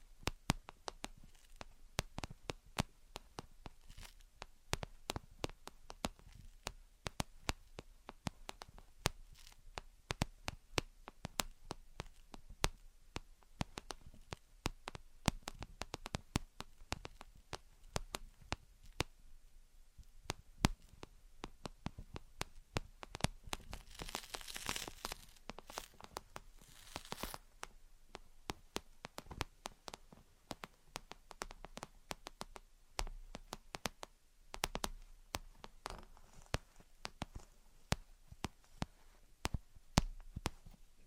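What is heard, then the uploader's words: Gentle tapping and scratching in quick, irregular clicks throughout, with a brief denser rustling patch around twenty-five seconds and a faint low hum underneath. Gentle Tapping and Scratching. (No Talking).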